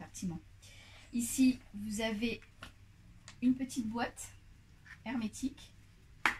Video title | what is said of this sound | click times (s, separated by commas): Qu'est-ce qu'un KIT LUNCH BAG de Do l'a fée ? | qui se clipse comme ça | 6.3 s